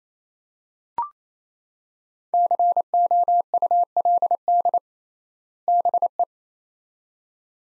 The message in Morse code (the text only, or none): COULD BE